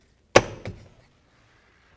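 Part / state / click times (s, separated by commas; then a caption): interior door trim piece into door clips / seated / 0.4 s. A plastic interior door trim piece is pressed onto the front door of a 2008–2012 Ford Escape and snaps into its retaining clips. A single sharp, loud snap comes at 0.4 s, followed by a quieter knock at about 0.7 s. The trim is seated in place.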